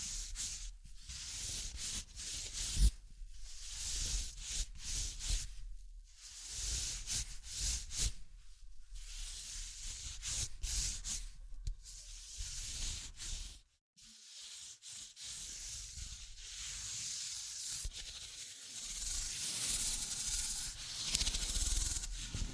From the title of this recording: Tapping, Scratching, Tracing and Panning